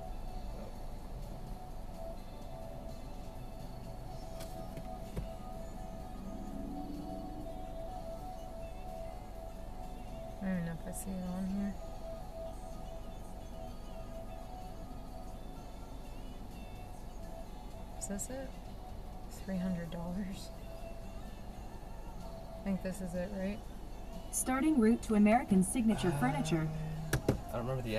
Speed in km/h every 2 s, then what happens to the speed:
0, 0, 0, 0, 0, 0, 0, 0, 0, 0, 0, 0, 0, 0.
0-28 standing.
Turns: none.